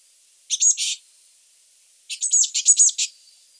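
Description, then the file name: Eurasian blue tit churring calls, a short harsh burst followed after a pause by a longer chattering rattle of several notes. "Cyanistes caeruleus"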